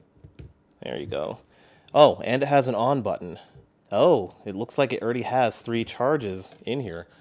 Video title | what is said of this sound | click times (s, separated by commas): Why would you want the tul wireless charging notebook | that's it so hey let's plug this in this you can actually hear a click when you put it in there | 0.4 s